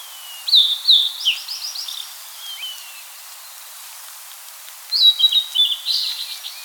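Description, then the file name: Blue-and-white flycatcher song: two high whistled phrases, each a run of sliding notes ending in slurred downward flourishes, with a long pause between them. Recorded on 2 May 2017 at 05:28. "Cyanoptila cyanomelana"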